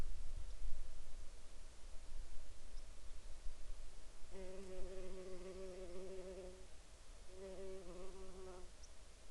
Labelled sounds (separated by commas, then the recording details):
bird, insects
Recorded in Ivvavik National Park, Yukon, on 17 June 2018 at 09:02
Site AR04